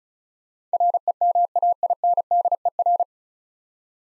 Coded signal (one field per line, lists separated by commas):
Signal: Morse code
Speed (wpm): 34 wpm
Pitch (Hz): 700 Hz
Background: none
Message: REMAINDER